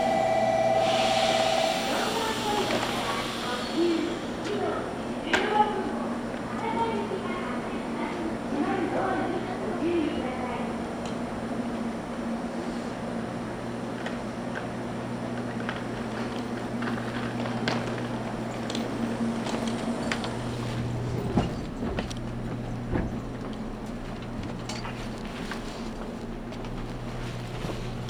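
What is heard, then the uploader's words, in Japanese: Riding inside a limited express train on a main line, with a steady low hum and rumble of the running carriage throughout. A brief tone sounds in the first two seconds, muffled voices murmur beneath, and occasional sharp clatters from the track stand out around 5, 21 and 23 seconds. 長崎本線 佐賀→鳥栖 特急みどり16号。車内は6割くらいの乗車率でした。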